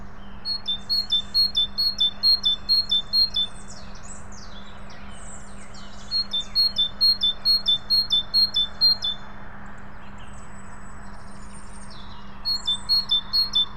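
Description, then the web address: Great tit song: bright two-note phrases repeated in three bursts, with other high chattering bird notes between bouts and a steady low hum. "SETE data Parus major"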